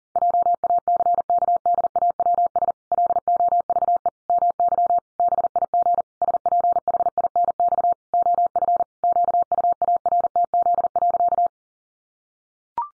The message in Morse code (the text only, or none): JACKDAWS LOVE MY BIG SPHINX OF QUARTZ.